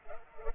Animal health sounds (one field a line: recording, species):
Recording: mosquito wingbeat signal from an infrared sensor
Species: Culex pipiens